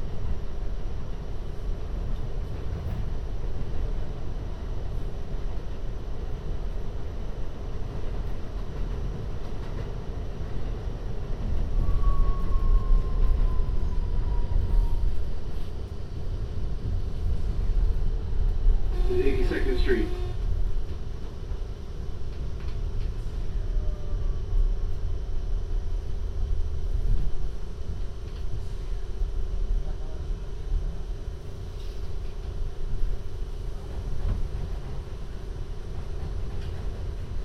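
A binaural field recording of a ride on the MTA subway, with a steady low rumble of the train throughout. A faint rising whine passes around twelve seconds, and near twenty seconds a short bright squeal and clatter rings out before the rumble settles again.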